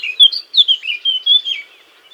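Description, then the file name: Eurasian blackcap singing a quick, rich warble of short slurred phrases, some swooping down, then fading out in the last half second. "Sylvia atricapilla"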